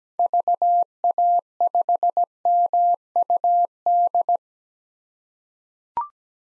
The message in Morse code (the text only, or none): VA5MUD